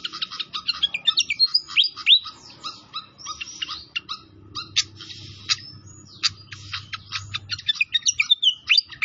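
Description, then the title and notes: Pied fantail song of quick high chirps and downslurred whistles in bursts, broken by a short quieter stretch, with a faint low hum. Training (masteran) recording of a clear-voiced pied fantail, made with the sound of flowing water. "Masteran Sikatan Kipas Suara Jernih Dan Suara Gemericik Air. Suara Burung Sikatan Londo"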